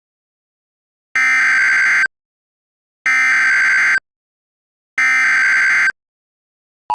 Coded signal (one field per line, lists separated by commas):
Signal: Emergency Alert System (SAME) tones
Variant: header bursts